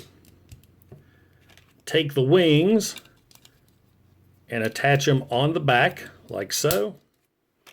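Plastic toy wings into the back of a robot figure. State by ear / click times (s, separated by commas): not seated / none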